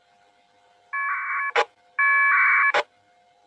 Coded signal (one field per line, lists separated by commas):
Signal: packet radio (AX.25, as in APRS)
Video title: Training: Oliver K6OLI NCS Net control LAX ARES Digital Net Voice VARA FM WINLINK PINPOINT APRS